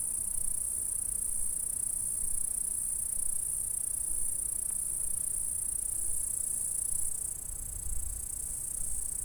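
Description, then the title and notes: Insect chorus of continuous shrill stridulation, steady for most and changing tone near the end, with low rumble beneath. "M3XG+CF Saint-François-de-Sales, France - insectes. Stridulations dans la prairie. Enregistreur ZoomH4"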